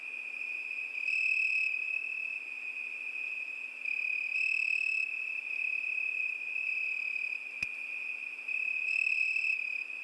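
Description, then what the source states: Cricket chorus, a bright pulsing trill that never stops, growing louder in short surges every few seconds, with one sharp click. Crickets at night.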